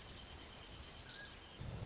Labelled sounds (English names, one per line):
Orange-crowned Warbler